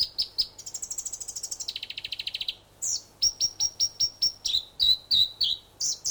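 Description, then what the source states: North Island robin song: a fast buzzy trill, then a series of separate bright whistled notes, mostly stepping down in pitch. New Zealand.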